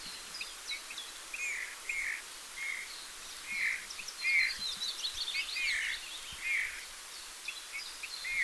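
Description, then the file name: Eurasian bullfinch calls, gentle fluting whistles repeated about once a second, while other birds chirp faintly higher up. "Pyrrhula pyrrhula"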